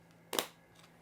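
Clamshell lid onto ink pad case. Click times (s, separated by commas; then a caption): 0.3 s, 0.4 s. The hinged plastic clamshell lid of an ink pad case is pressed closed and clicks shut at 0.3 s and 0.4 s: two sharp, bright snaps that ring briefly, followed by a faint tick near 1.1 s. The lid is seated, with a secure click so it won't fall off.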